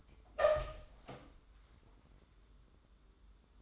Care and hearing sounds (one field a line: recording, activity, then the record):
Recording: daily activity, microphone in the room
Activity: open door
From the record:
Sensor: 3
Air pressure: 1015.2 hPa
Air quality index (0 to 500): 181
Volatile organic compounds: 17 ppm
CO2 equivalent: 2600 ppm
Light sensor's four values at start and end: 16/40/16/17 and 16/40/16/17